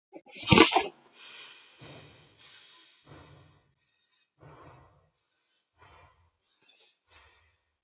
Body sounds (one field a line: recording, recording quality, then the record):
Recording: shallow breathing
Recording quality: excellent, no background noise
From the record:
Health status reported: healthy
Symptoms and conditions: none ticked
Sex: male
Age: 40 years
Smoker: not ticked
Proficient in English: yes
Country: India